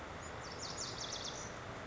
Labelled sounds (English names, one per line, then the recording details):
Lazuli Bunting
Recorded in Sonoma County, California